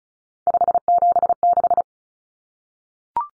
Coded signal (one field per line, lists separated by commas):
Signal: Morse code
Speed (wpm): 34 wpm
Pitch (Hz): 700 Hz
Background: none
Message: 576